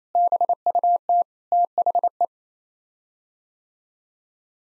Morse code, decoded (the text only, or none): BUT THE